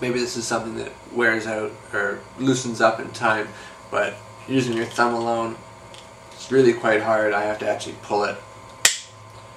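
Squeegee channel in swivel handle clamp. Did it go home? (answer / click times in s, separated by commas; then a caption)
released / 8.9 s. Someone talks while a metal squeegee channel is pulled hard out of a spring-tensioned swivel handle clamp, since a thumb alone isn't enough to free it. At 8.9 s the channel releases with a loud, sharp snap, a sign of very high tension in the clamp.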